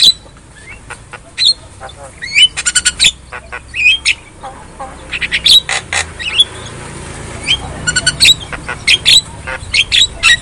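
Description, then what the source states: Javan myna song: scattered sharp clicks, squeaky whistles and rasping notes, irregular and varied, with faint low background hum. Javan myna song (kicau); a lure (pancingan) recording meant to get silent (bisu) mynas singing.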